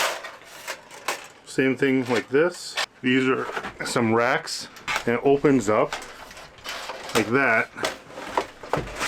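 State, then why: Seated. Someone talks while unfolding a rack panel of a collapsible camp oven and pushing its metal tab into the oven frame. Sharp clicks at 8.4 s and 8.7 s mark the folding rack tab locking into place, seated.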